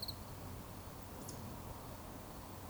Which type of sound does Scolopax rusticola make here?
whistle